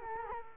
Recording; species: mosquito wingbeat signal from an infrared sensor; Culex quinquefasciatus